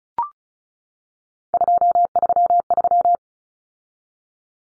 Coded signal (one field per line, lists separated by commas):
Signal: Morse code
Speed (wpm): 34 wpm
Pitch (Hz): 700 Hz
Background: none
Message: 233